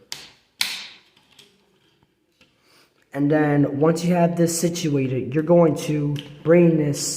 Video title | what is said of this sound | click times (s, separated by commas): Transformers Studio Series 69-55 Scavenger | this snaps into place right here | 0.1 s, 0.6 s